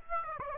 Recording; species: mosquito wingbeat signal from an infrared sensor; Aedes albopictus